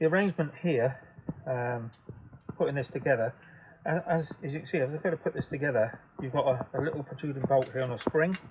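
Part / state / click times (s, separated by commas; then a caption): spring-loaded bolt of the folding frame hinge latching into its lip / not seated / none. Someone talks while handling the folding frame hinge of a Hitway BK11 folding e-bike, pointing out the small spring-loaded protruding bolt that latches into its lip. Only speech is heard, with no sudden sounds. Nothing has clicked or seated yet; the frame is not yet latched.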